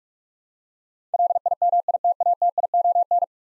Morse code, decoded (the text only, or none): LIMITATION